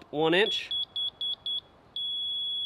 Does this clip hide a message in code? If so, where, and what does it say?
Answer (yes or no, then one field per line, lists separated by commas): no